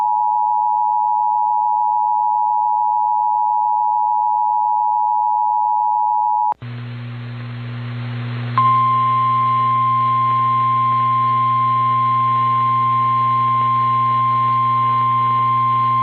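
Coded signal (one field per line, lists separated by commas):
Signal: Emergency Alert System (SAME) tones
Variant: 853 and 960 Hz attention tone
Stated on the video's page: Real EAS alerts received during a tornado outbreak.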